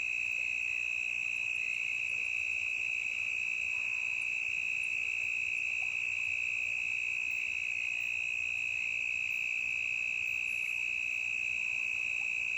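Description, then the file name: Cricket giving a steady, intense high trill without pause, with faint quick higher ticks above it. Intense cricket chirping in a forest. "Grilo intenso na mata"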